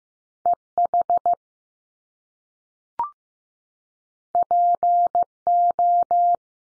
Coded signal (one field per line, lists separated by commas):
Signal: Morse code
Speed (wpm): 15 wpm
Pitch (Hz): 700 Hz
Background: none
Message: E H P O